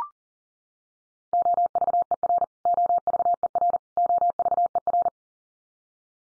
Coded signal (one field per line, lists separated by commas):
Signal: Morse code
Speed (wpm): 40 wpm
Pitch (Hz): 700 Hz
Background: none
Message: OVER OVER OVER